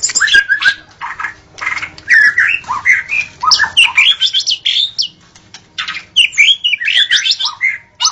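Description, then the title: White-rumped shama song with fast, varied notes: whistled slurs, scratchy chatters and high sharp chips in quick bursts. Natural song recorded in forest. "Kicau Asli Murai Batu Hutan"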